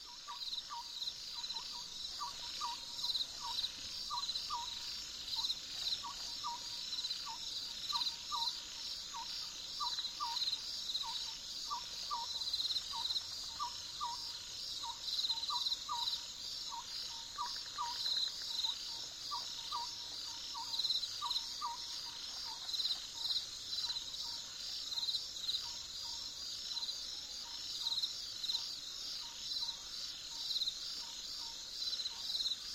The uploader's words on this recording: It is already late at night in the valley, the cuckoos in the distance resonate with the insects nearby, the suitable temperature, the quiet canyon.